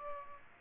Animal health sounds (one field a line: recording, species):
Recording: mosquito wingbeat signal from an infrared sensor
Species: Aedes aegypti